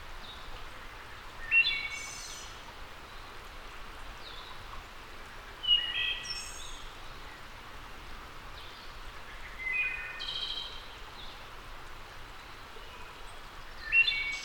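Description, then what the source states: Wood thrush singing: four separate phrases roughly every four seconds, each with liquid whistled notes and a high, thin trill, over continuous hiss. Labelled as a return.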